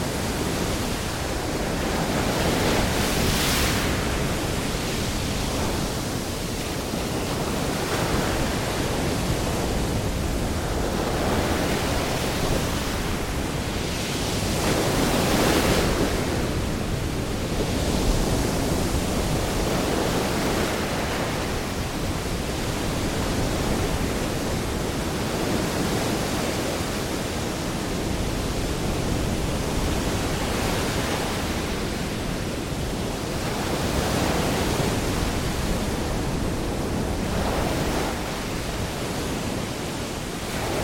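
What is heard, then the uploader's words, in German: Pacific waves wash in with a continuous, dense roar that fills everything from deep rumble to bright hiss. Surges swell and recede every few seconds, with stronger crashes around 3, 15 and 37 seconds, while the overall level stays fairly even throughout. Entspannende Pazifikwellen.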